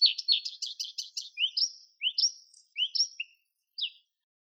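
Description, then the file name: Bluethroat song: a fast run of varied sharp chirps and trills, then slower slurred whistles rising and falling, with short pauses toward the end; otherwise quiet. "Luscinia svecica"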